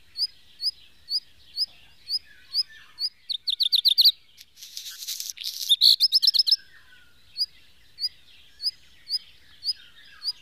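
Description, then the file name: Black redstart song: a fast buzzy rattle of pulses followed by a scratchy, crackling burst and more pulses, over a steady series of short high chirps. "hazirozsdafarku"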